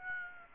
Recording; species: mosquito wingbeat signal from an infrared sensor; Aedes aegypti